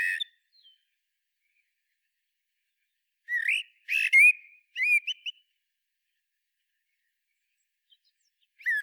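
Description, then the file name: Common blackbird gives a short phrase of slurred whistles with a few high squeaks, framed by long silent gaps and snippets of other phrases at either end. "Turdus merula"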